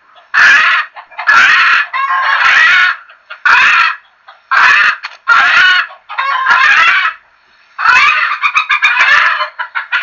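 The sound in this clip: Chicken squawking loudly, about one raucous call each second, some calls doubled, with quieter clucks toward the end.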